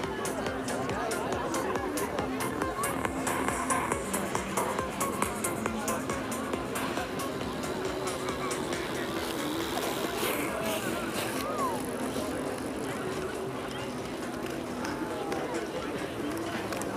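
A steady, dense crowd murmur of hundreds of people at Tempelhofer Freiheit in Berlin, with scattered voices, footsteps and faint passing traffic underneath.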